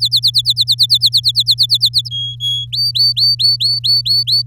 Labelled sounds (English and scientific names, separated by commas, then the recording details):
Domestic Canary (Serinus canaria) song
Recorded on 7 May 2018 at 14:52
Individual llb16